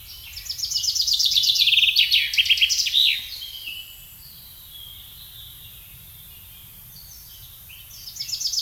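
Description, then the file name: Common chaffinch song: a fast, descending rattle of notes ending in a flourish, then a quiet pause before the next song begins. "Fringilla coelebs"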